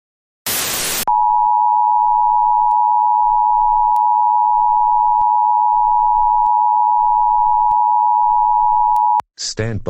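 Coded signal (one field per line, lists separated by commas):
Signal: Emergency Alert System (SAME) tones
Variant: 853 and 960 Hz attention tone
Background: speech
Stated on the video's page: Fictional Emergency Alert System scenario depicting nuclear war.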